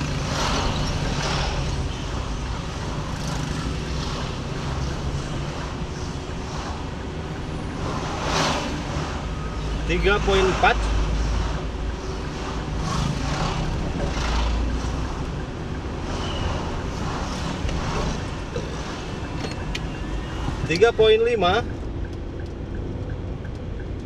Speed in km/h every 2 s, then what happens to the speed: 39, 39, 38, 37, 37, 37, 37, 38, 39, 40, 40, 40.
0-24 steady at about 38.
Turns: none.